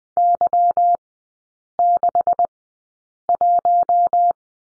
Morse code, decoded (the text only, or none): Y61